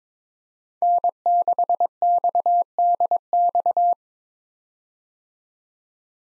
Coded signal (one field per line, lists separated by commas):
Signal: Morse code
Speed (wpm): 22 wpm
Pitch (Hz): 700 Hz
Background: none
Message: N6XDX